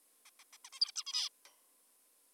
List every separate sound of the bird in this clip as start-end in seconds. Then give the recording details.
0.26-0.30, 0.40-0.44, 0.53-0.58, 0.65-0.70, 0.73-0.80, 0.81-0.92, 0.96-1.04, 1.06-1.29. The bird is an adult. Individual g19o3U